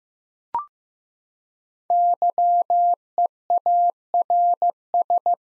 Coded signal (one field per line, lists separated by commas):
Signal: Morse code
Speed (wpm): 15 wpm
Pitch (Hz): 700 Hz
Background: none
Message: YEARS